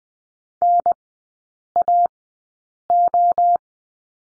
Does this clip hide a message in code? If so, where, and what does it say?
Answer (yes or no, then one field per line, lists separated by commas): yes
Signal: Morse code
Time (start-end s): 0.6-3.6 s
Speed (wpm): 20 wpm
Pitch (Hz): 700 Hz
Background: none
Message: NAO